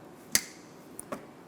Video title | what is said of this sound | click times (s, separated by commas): How to Replace Hood Strut 2000-2006 Toyota Tundra | if you remove the connector reinstall that now push until you hear a click | 0.3 s